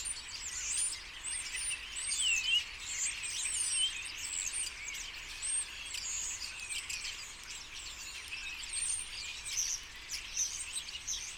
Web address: Common Starlings Starlings